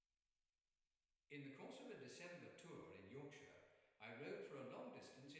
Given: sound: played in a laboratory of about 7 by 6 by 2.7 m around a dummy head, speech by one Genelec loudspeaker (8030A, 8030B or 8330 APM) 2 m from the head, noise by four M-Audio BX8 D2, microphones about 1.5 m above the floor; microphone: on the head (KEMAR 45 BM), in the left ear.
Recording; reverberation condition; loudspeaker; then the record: male speech in English; high; in front (0 degrees)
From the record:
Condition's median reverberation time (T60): about 1300 ms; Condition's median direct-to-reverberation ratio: about -4.0 dB